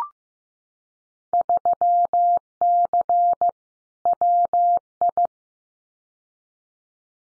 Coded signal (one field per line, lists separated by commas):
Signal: Morse code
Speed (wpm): 15 wpm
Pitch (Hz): 700 Hz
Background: none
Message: 3C WI